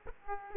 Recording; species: mosquito wingbeat signal from an infrared sensor; Aedes aegypti